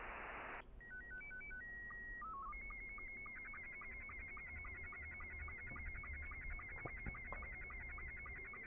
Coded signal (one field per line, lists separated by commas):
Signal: SSTV (slow-scan television)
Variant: Scottie 2